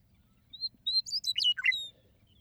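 Western meadowlark singing one full phrase, opening with two or three pure whistles, then a rapid bubbling jumble of notes dropping sharply in pitch, ending in a brief whistle, faint low hum beneath.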